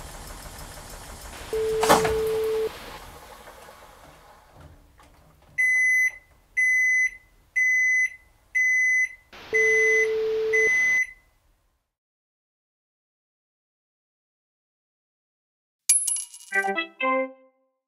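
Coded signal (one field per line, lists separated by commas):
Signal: beep code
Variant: vertical automatic washing machine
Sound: six short high beeps about a second apart, then a quick descending chime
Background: machine thud and hum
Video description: 縦型全自動洗濯機の、排水・脱水・洗濯完了ピーピー通知音までノーカットの効果音です。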